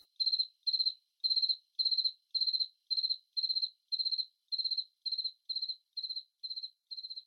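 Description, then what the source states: High cricket chirps in a regular series, each a brief pulsed burst, slowly fading slightly in loudness. Crickets at night.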